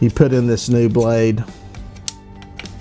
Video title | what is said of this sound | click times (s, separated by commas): Is the Bubba Blade TRASH or Treasure | Boom, into the handle. It locks into place, and pow, it's good to go. | 2.1 s